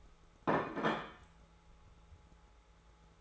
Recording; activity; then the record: daily activity, microphone in the room; place plate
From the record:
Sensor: 3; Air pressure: 1015.0 hPa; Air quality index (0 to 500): 208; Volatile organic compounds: 34 ppm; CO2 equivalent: 3037 ppm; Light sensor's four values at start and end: 12/28/12/12 and 17/42/17/19